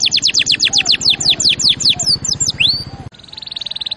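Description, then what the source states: Canary trilling with fast descending notes slowing into rising slurs, ending in a soft buzzy roll. Champion canary song used as a master recording for training other birds.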